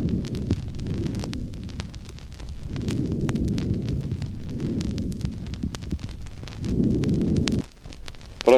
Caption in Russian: Бронхиальное дыхание, выслушиваемое над инфильтративно измененным легким.